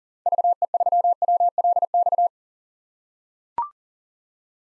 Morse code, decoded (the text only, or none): VE3WLX